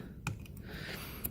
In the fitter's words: You don't need to push the metal retainer. You can just slide it together and you'll hear a click.